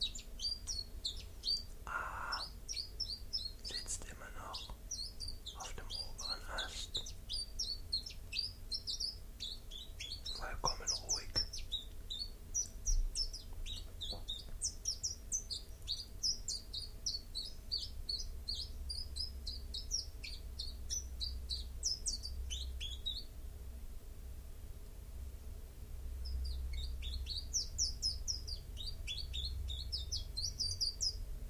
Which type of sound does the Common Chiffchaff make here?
song